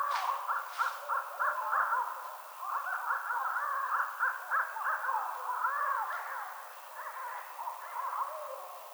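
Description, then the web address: Barred owl cackling in rapid, rhythmic bursts of raucous hoots, sustained for most before tapering off. Recorded 22 March 2007. "Barred Owl 2007 03 22 Barred Owl"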